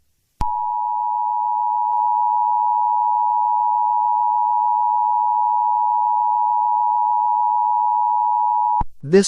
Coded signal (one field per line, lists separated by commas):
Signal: Emergency Alert System (SAME) tones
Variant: 853 and 960 Hz attention tone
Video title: eas scenario catemojibabyheat part 6